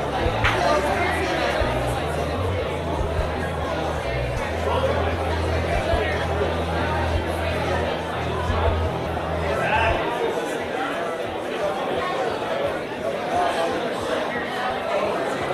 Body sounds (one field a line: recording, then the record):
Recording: background sound without coughing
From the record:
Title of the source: CITY SOUNDS Busy Bar in the Evening Night - 2 HOURS of Ambiance for Relaxation